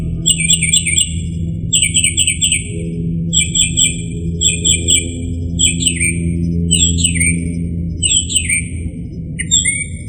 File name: kicauan-burung-northern-mockingbird -omkicau